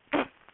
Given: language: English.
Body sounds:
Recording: throat vibration sensor signal played as sound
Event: cough

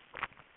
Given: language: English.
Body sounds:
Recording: throat vibration sensor signal played as sound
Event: swallow

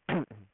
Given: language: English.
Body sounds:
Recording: throat vibration sensor signal played as sound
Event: throat clearing

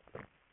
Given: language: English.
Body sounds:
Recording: throat vibration sensor signal played as sound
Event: swallow

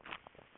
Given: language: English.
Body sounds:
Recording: throat vibration sensor signal played as sound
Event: swallow

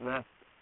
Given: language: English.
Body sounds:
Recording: throat vibration sensor signal played as sound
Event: speech

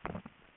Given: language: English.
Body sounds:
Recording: throat vibration sensor signal played as sound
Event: swallow

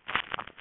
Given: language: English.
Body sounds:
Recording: throat vibration sensor signal played as sound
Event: swallow

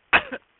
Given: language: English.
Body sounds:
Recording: throat vibration sensor signal played as sound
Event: cough

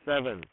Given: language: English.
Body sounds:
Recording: throat vibration sensor signal played as sound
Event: speech

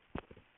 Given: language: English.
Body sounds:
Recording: throat vibration sensor signal played as sound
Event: throat clearing

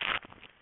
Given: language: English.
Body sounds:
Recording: throat vibration sensor signal played as sound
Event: swallow

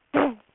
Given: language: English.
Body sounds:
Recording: throat vibration sensor signal played as sound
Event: throat clearing

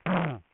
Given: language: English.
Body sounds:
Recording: throat vibration sensor signal played as sound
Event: throat clearing

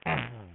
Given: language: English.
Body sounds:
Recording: throat vibration sensor signal played as sound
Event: throat clearing

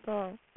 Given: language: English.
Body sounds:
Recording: throat vibration sensor signal played as sound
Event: speech

